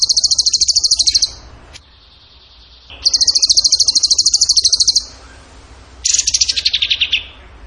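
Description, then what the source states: Bird song: three long, rapid, buzzy trills, the last one starting higher and sliding down, with brief pauses between. Masteran training recording; tembakan gacor song style.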